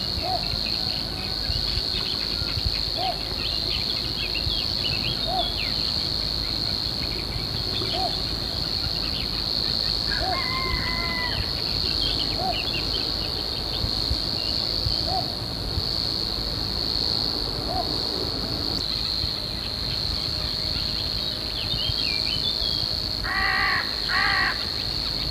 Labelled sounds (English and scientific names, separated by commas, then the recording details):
Savi's Warbler (Locustella luscinioides)
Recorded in the wild
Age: adult
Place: St. Urban, Appenzeller Land, Kärnten, AT
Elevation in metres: 1200
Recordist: Brunner, Thomas